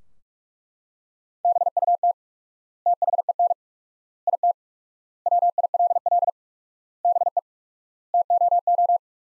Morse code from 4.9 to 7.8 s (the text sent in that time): WILL BE